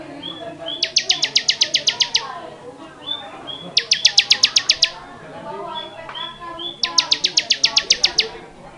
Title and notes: Suara Ciblek Semi. Kicauan Bermacam macam Burung Masteran